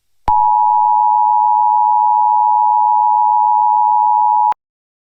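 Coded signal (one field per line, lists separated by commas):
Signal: Emergency Alert System (SAME) tones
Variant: 853 and 960 Hz attention tone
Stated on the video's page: EAS SAME tones in an old unfinished fictional scenario, simulated.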